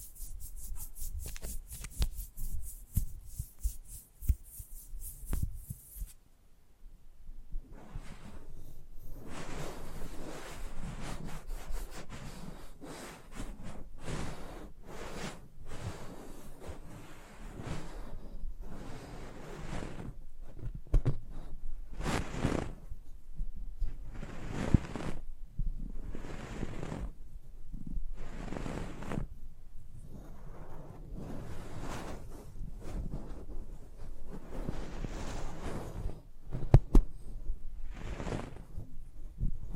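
ASMR mic treatment with close-up rubbing and brushing on the microphone. It opens with about six seconds of rapid, crisp scratching, pauses briefly, then settles into irregular soft rubs with bright hissy swipes every couple of seconds and a sharp knock near the end.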